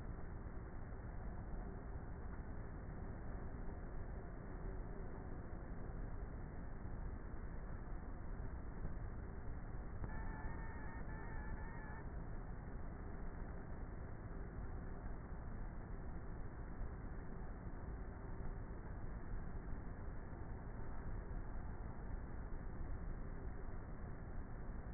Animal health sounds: honeybee colony, microphone inside the hive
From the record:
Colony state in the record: queenless with a low population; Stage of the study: before two queens were removed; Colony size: about 30,000 bees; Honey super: no

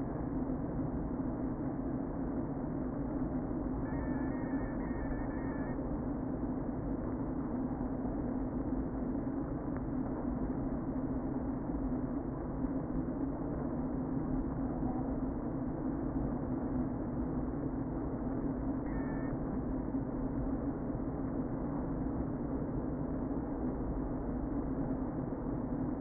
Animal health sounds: honeybee colony, microphone inside the hive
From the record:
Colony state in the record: queen present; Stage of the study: before two queens were removed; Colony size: about 60,000 bees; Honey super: yes

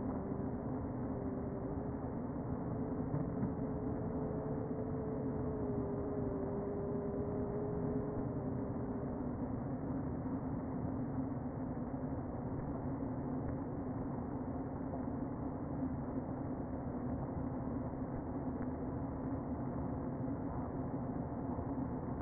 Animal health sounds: honeybee colony, microphone inside the hive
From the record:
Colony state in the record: queen present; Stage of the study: before two queens were removed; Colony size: about 60,000 bees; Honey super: yes

